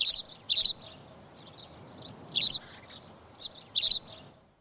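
Spanish sparrow with a few loud chirps, two close together at the start, then single chirps after a pause, ending in quiet.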